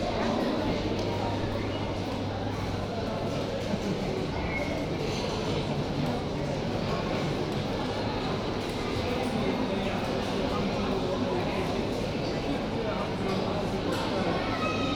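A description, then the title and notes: Café ambience in the gallery of the Oxford University Museum of Natural History, filled with a steady, dense murmur of many overlapping voices. A low hum sits underneath for the first four seconds, and faint light clinks surface now and then throughout. Oxford University Museum of Natural History. Sitting in the café on the gallery, at a table closest to the central court, just to the right of the till, facing the central court.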